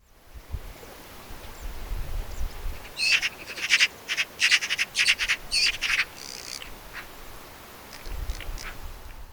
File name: Pica pica